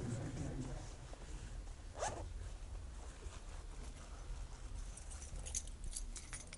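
A jacket zipper rasps amid steady rustling and fumbling, with a sharp burst of zipping partway through and light clinking as keys are handled, continuing for several seconds.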